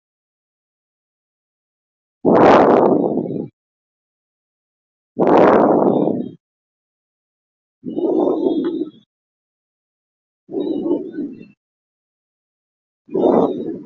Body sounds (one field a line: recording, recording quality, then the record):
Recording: shallow breathing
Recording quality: excellent, no background noise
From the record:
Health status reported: healthy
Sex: male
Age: 28 years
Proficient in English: yes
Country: India